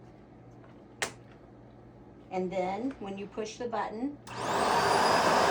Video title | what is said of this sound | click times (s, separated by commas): How to Use the BISSELL Vacuum Cleaner | the bottom portion of the vacuum cleaner and then pull the handle back. You'll hear it snap. | 1.0 s